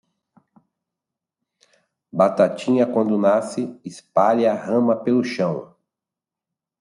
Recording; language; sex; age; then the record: short text; Brazilian Portuguese; male; 40 to 49 years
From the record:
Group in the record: control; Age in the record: 48 years